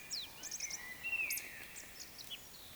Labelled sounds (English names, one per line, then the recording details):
Eurasian Woodcock whistle
Eurasian Woodcock croak
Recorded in Baden-Württemberg, Germany, on 20 May 2021 at 19:22 UTC
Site 24606, 635 m above sea level